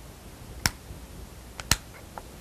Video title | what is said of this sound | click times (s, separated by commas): Snap-On Case for G1-Review | And the case is going to snap together at | 0.7 s, 1.7 s